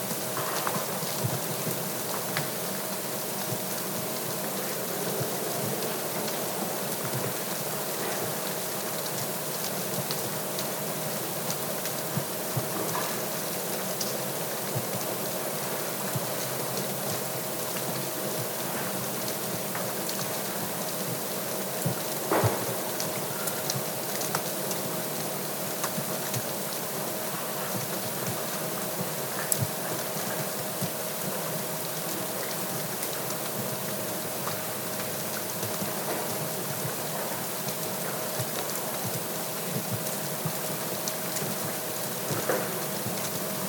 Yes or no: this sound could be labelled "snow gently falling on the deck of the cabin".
yes